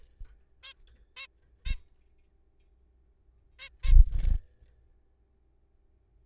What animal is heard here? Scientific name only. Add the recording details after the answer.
Taeniopygia guttata. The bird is a juvenile. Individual R3428